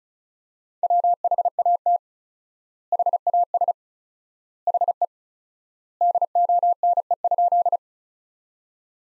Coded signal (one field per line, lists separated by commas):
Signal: Morse code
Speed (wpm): 36 wpm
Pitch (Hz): 700 Hz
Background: none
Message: WHAT HAS HE DONE?